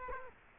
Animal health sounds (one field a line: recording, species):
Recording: mosquito wingbeat signal from an infrared sensor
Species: Culex quinquefasciatus